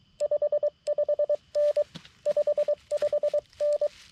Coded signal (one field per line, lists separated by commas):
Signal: Morse code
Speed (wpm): 23 wpm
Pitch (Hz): 590 Hz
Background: none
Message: 55N 55N